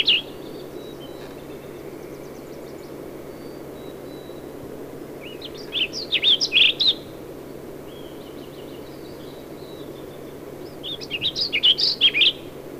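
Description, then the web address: Warbling Vireo giving two fast warbled song phrases about five seconds apart, each a rolling jumble of high slurred notes, after the tail of another phrase and a few faint notes at the start, over constant low rumble. "Warbling Vireo Sounds --LNSCourse Cassette"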